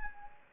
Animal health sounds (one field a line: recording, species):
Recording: mosquito wingbeat signal from an infrared sensor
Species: Anopheles arabiensis